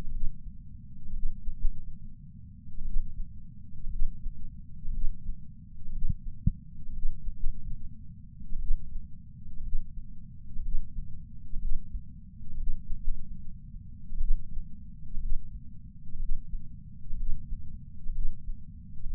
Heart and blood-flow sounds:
heart sounds by patch sensor on the chest; 63 bpm
0.09 s: heartbeat
1.11 s: heartbeat
1.58 s: heartbeat
2.83 s: heartbeat
3.88 s: heartbeat
4.89 s: heartbeat
5.90 s: heartbeat
6.91 s: heartbeat
7.37 s: heartbeat
8.57 s: heartbeat
9.61 s: heartbeat
10.60 s: heartbeat
11.57 s: heartbeat
12.55 s: heartbeat
13.01 s: heartbeat
14.17 s: heartbeat
15.18 s: heartbeat
16.18 s: heartbeat
17.15 s: heartbeat
18.11 s: heartbeat
19.08 s: heartbeat
From the record:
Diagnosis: coronary artery disease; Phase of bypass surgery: preoperative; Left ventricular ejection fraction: 61.1%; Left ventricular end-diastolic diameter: 60 mm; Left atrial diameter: 40 mm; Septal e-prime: 7.9 cm/s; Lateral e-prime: 9.6 cm/s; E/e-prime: 7.5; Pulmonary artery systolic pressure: 34 mmHg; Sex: male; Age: 65 years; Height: 168 cm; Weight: 73 kg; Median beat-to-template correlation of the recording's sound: 0.92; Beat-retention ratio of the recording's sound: 1.00

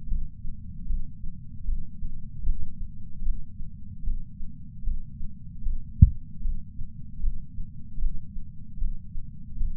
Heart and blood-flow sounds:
heart sounds by patch sensor on the chest; 76 bpm
0.07 s: heartbeat
0.86 s: heartbeat
1.64 s: heartbeat
2.43 s: heartbeat
3.22 s: heartbeat
4.03 s: heartbeat
4.83 s: heartbeat
5.62 s: heartbeat
6.41 s: heartbeat
7.20 s: heartbeat
8.42 s: heartbeat
8.77 s: heartbeat
9.56 s: heartbeat
From the record:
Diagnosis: coronary artery disease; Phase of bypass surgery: intraoperative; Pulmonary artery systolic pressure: 27 mmHg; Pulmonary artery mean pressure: 19 mmHg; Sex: male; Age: 74 years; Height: 170 cm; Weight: 75 kg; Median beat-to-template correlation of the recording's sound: 0.89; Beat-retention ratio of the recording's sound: 0.97

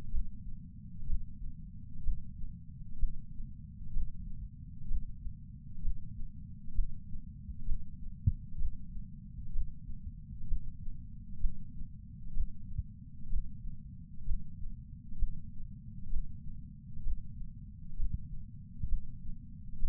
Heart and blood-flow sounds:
heart sounds by patch sensor on the chest; 64 bpm
0.08 s: heartbeat
1.04 s: heartbeat
2.01 s: heartbeat
2.96 s: heartbeat
3.90 s: heartbeat
4.85 s: heartbeat
5.79 s: heartbeat
6.72 s: heartbeat
7.63 s: heartbeat
8.56 s: heartbeat
9.50 s: heartbeat
10.45 s: heartbeat
11.37 s: heartbeat
12.31 s: heartbeat
13.27 s: heartbeat
14.23 s: heartbeat
15.16 s: heartbeat
16.07 s: heartbeat
17.01 s: heartbeat
17.94 s: heartbeat
18.85 s: heartbeat
19.76 s: heartbeat
From the record:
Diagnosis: coronary artery disease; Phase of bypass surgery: preoperative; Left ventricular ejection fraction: 60.1%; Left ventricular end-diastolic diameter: 44 mm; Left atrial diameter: 42 mm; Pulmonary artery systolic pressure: 26 mmHg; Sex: female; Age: 80 years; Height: 156 cm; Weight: 70 kg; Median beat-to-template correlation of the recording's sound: 0.93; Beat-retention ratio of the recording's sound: 0.99

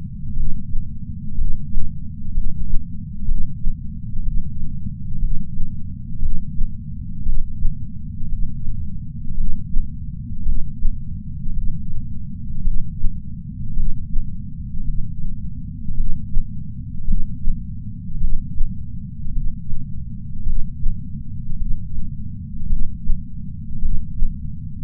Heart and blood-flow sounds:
heart sounds by patch sensor on the chest; 56 bpm
0.35 s: heartbeat
1.36 s: heartbeat
2.33 s: heartbeat
3.26 s: heartbeat
4.23 s: heartbeat
5.19 s: heartbeat
6.20 s: heartbeat
7.24 s: heartbeat
8.29 s: heartbeat
9.35 s: heartbeat
10.44 s: heartbeat
11.53 s: heartbeat
12.62 s: heartbeat
13.75 s: heartbeat
14.84 s: heartbeat
15.95 s: heartbeat
17.06 s: heartbeat
18.19 s: heartbeat
19.32 s: heartbeat
20.44 s: heartbeat
21.57 s: heartbeat
22.67 s: heartbeat
23.80 s: heartbeat
From the record:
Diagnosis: coronary artery disease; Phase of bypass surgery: preoperative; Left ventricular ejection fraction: 62%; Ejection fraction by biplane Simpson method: 62.4%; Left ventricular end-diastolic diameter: 51 mm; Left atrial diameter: 40 mm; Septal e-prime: 9.2 cm/s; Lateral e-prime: 9.2 cm/s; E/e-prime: 8.2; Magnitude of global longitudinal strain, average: 18.8%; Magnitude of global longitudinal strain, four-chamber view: 19.4%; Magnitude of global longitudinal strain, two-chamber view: 19%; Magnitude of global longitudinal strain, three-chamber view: 18.1%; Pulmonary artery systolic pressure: 24 mmHg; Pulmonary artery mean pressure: 10 mmHg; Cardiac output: 4.7 L/min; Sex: male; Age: 57 years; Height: 175 cm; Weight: 80 kg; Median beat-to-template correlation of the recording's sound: 0.88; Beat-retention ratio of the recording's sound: 0.93

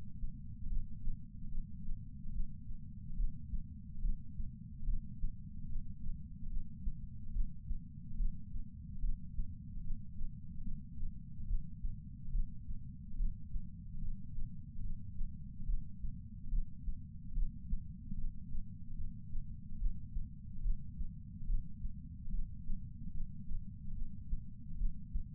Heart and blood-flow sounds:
heart sounds by patch sensor on the chest; 72 bpm
0.68 s: heartbeat
1.49 s: heartbeat
2.31 s: heartbeat
3.15 s: heartbeat
4.00 s: heartbeat
4.84 s: heartbeat
5.67 s: heartbeat
6.48 s: heartbeat
7.31 s: heartbeat
8.16 s: heartbeat
9.00 s: heartbeat
9.81 s: heartbeat
10.62 s: heartbeat
11.46 s: heartbeat
12.30 s: heartbeat
13.16 s: heartbeat
13.99 s: heartbeat
14.81 s: heartbeat
15.65 s: heartbeat
16.49 s: heartbeat
17.33 s: heartbeat
18.15 s: heartbeat
18.95 s: heartbeat
19.77 s: heartbeat
20.61 s: heartbeat
21.45 s: heartbeat
22.30 s: heartbeat
23.11 s: heartbeat
23.93 s: heartbeat
24.76 s: heartbeat
From the record:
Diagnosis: coronary artery disease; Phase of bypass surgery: preoperative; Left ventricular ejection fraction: 32.2%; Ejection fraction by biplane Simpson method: 32%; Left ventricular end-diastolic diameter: 64 mm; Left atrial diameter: 40 mm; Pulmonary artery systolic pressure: 18 mmHg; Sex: male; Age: 49 years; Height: 175 cm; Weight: 80 kg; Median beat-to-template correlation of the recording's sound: 0.84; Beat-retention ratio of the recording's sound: 1.00

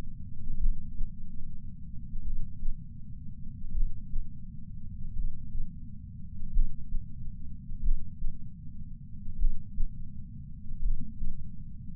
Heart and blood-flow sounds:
heart sounds by patch sensor on the chest; 41 bpm
0.57 s: heartbeat
2.21 s: heartbeat
3.72 s: heartbeat
5.13 s: heartbeat
6.50 s: heartbeat
7.80 s: heartbeat
9.36 s: heartbeat
10.79 s: heartbeat
From the record:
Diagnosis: coronary artery disease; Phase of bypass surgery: preoperative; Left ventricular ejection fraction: 64.4%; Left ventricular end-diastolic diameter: 51 mm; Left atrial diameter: 41 mm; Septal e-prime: 7.3 cm/s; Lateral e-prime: 10.3 cm/s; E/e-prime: 10.1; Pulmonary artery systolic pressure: 25 mmHg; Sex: male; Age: 59 years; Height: 168 cm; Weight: 81 kg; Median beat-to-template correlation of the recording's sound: 0.86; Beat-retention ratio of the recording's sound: 0.96

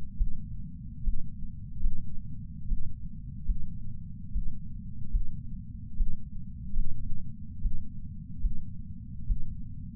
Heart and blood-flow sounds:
heart sounds by patch sensor on the chest; 73 bpm
0.17 s: heartbeat
1.04 s: heartbeat
1.81 s: heartbeat
2.68 s: heartbeat
3.45 s: heartbeat
4.32 s: heartbeat
5.11 s: heartbeat
5.97 s: heartbeat
6.74 s: heartbeat
7.61 s: heartbeat
8.40 s: heartbeat
9.26 s: heartbeat
From the record:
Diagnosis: coronary artery disease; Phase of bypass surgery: preoperative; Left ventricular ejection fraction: 64%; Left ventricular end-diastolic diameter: 54 mm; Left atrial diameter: 40 mm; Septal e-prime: 6.2 cm/s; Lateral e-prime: 8 cm/s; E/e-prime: 10.7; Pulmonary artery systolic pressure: 24 mmHg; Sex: male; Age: 75 years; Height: 178 cm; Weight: 85 kg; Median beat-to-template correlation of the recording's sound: 0.83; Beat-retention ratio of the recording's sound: 0.94

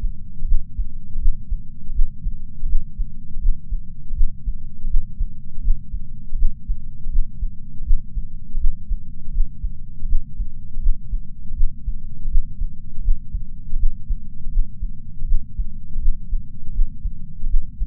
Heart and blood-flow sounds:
heart sounds by patch sensor on the chest; 81 bpm
0.46 s: heartbeat
1.19 s: heartbeat
1.93 s: heartbeat
2.67 s: heartbeat
3.40 s: heartbeat
4.15 s: heartbeat
4.88 s: heartbeat
5.62 s: heartbeat
6.37 s: heartbeat
7.10 s: heartbeat
7.84 s: heartbeat
8.59 s: heartbeat
9.32 s: heartbeat
10.07 s: heartbeat
10.81 s: heartbeat
11.55 s: heartbeat
12.29 s: heartbeat
13.02 s: heartbeat
13.78 s: heartbeat
14.50 s: heartbeat
15.26 s: heartbeat
16.00 s: heartbeat
16.73 s: heartbeat
17.48 s: heartbeat
From the record:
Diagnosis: coronary artery disease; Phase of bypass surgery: postoperative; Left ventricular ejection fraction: 56.9%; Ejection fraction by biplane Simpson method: 47.5%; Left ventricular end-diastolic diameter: 47 mm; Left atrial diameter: 37 mm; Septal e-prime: 6 cm/s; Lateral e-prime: 7.9 cm/s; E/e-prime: 12.2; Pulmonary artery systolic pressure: 37 mmHg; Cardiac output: 5.2 L/min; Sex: female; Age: 68 years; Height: 161 cm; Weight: 66.6 kg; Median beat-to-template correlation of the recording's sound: 0.94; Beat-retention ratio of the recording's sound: 0.98

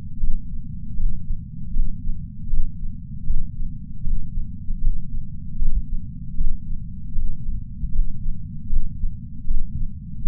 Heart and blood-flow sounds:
heart sounds by patch sensor on the chest; 78 bpm
0.21 s: heartbeat
0.97 s: heartbeat
1.74 s: heartbeat
2.51 s: heartbeat
3.27 s: heartbeat
4.04 s: heartbeat
4.81 s: heartbeat
5.59 s: heartbeat
6.38 s: heartbeat
7.16 s: heartbeat
7.93 s: heartbeat
8.70 s: heartbeat
9.48 s: heartbeat
10.25 s: heartbeat
From the record:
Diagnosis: coronary artery disease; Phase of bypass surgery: postoperative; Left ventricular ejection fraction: 43.8%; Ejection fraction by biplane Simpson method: 45%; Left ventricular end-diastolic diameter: 59 mm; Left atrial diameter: 36 mm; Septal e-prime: 6.9 cm/s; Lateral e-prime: 6.4 cm/s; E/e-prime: 9.2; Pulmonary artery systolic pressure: 22 mmHg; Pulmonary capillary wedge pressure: 19 mmHg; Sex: male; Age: 57 years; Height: 183 cm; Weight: 85 kg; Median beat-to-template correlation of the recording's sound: 0.89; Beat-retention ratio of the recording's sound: 0.99

